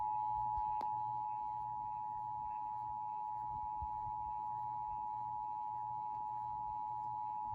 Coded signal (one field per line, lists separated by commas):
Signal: Emergency Alert System (SAME) tones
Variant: 853 and 960 Hz attention tone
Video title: Alerts, Alerts, Alerts! | EAS Alerts from 5/2-6/7 (EAS #154-179)